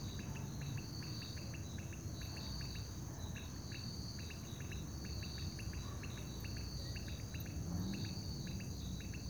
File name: Sapos no lago a noite com grilos e transito longe